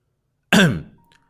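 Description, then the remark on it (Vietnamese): One dry cough bursts out sharply and then trails off into a rough, fading rasp within about half a second. It stands alone against silence, with no talking around it. “Chậm rãi đi đến trước cọc gỗ, Cát lão đại ho khan một tiếng nói.”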